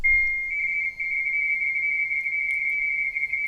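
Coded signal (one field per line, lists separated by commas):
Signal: RTTY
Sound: a brief steady tone, then a rapid two-pitch warbling chatter near 2 kHz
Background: radio static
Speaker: We're in search and pounce mode looking around for somebody to work and somebody calls CQ. It's G3ABC and we want to work him.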